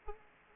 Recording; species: mosquito wingbeat signal from an infrared sensor; Aedes aegypti